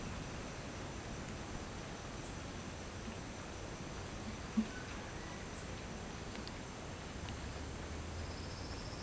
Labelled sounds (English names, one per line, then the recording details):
none
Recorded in pastures near Puerto Asís, Putumayo, Colombia, on 12 March 2025 at 10:00
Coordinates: 0.472, -76.329
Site G074